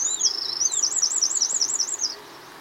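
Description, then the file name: Eurasian wren song fragment: a shrill, high-pitched warbling trill of rapid up-and-down notes for about two seconds, then it stops. "Troglodytes troglodytes"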